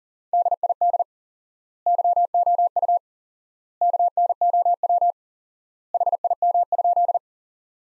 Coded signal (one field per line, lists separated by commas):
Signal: Morse code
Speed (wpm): 40 wpm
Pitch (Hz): 700 Hz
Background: none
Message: DID YOU KNOW HIM?